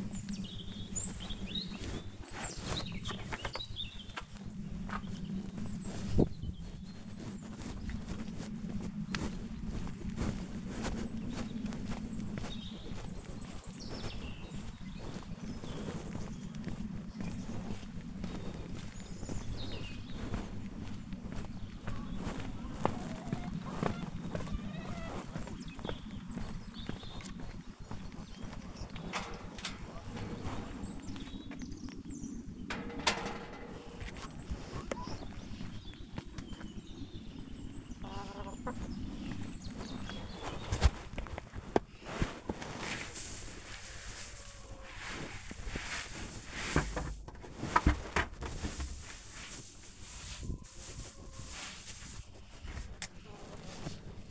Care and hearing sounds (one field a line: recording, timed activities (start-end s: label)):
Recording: household activities, microphone on the right wrist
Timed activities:
0.00-44.15 s: working in the garden